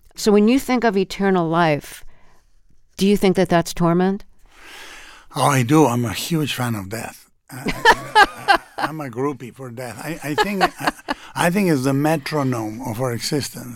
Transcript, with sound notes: So when you think of eternal life, do you think that that's torment?
Oh, I do. I'm a huge fan of death.
(Laughter).
I'm a groupie for death. I think it's the metronome of our existence.